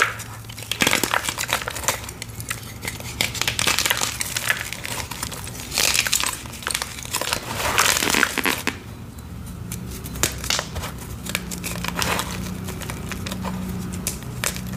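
Chalk blocks are crushed in dense bursts of bright crunching for about nine seconds, then sparse crackles over a low hum.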